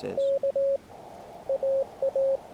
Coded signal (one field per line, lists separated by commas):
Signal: Morse code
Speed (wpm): 18 wpm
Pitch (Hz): 550 Hz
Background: radio noise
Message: K AA